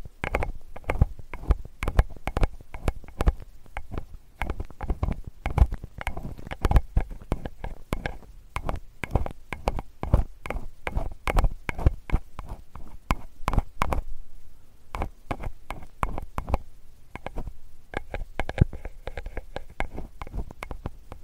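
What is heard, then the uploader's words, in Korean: A metal ear pick works through ear cleaning, with dense, irregular scraping and crackling clicks that come in quick clusters for most of the 21 seconds. The sharp ticks stay busy throughout, thin out briefly around the 15 and 17 second marks, then pick up again. ASMR 편안한 쇠 귀이개 귀청소 시간.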